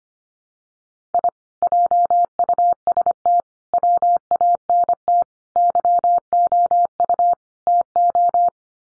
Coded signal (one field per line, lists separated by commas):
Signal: Morse code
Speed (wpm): 25 wpm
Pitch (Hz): 700 Hz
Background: none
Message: I JUST WANT YOU TO